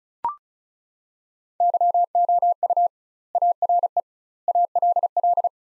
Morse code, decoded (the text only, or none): YOU ARE ALL